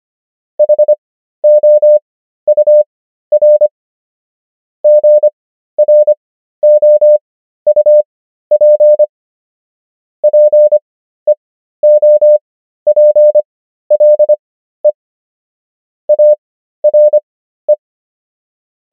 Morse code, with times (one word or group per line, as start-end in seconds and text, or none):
0.6-3.7 HOUR
4.8-9.0 GROUP
10.2-14.9 PEOPLE
16.1-17.7 ARE